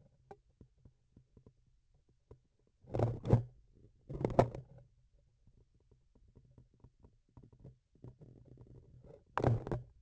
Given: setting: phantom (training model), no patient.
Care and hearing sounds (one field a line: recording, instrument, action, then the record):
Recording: laparoscopic instrument, vibration sensor on the handle end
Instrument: grasping forceps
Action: opening and closing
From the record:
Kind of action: tool actuation without material contact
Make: other than Olympus